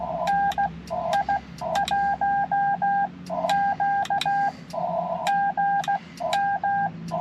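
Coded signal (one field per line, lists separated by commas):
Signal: Morse code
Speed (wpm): 16 wpm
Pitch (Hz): 800 Hz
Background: none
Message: NI1Q GM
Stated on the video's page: CW Parks on the Air activation sent with paddles on a Yaesu FT-891 at 25 watts into a 17-ft whip on a mag-mount.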